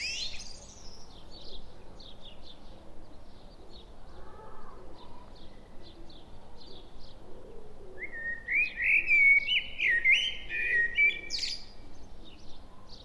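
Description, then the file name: Common blackbird song: one fluting warbled phrase ending in a high squeaky twitter, with faint chirping of other small birds. "Turdus merula"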